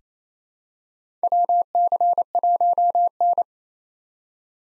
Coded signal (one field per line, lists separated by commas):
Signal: Morse code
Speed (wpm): 28 wpm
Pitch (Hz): 700 Hz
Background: none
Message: WC1N